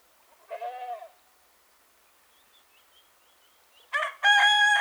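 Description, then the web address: Rooster crowing: a short harmonic burst, then after a quiet gap a louder crow that is cut off at the end. Soft breeze. "Dizzy Duck - Sounds From Nature Rooster singing soft breeze cows dogs"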